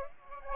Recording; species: mosquito wingbeat signal from an infrared sensor; Aedes aegypti